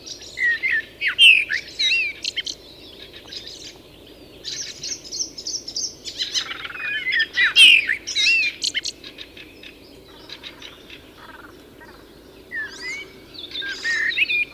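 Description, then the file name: Common blackbird delivering separate warbled phrases with squeaky flourishes, spaced a few seconds apart. "Turdus merula"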